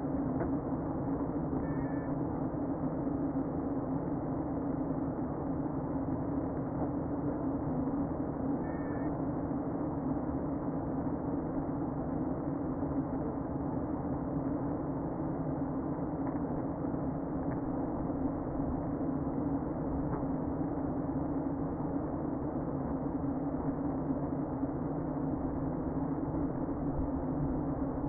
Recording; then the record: honeybee colony, microphone inside the hive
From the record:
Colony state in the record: queen present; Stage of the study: before two queens were removed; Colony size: about 60,000 bees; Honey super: yes